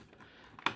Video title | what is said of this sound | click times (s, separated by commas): SHOKY REVIEWS TRANSFORMERS: DX9 GABRIEL (Masterpiece G1 Omega Supreme) | push it down locking it in place | 0.7 s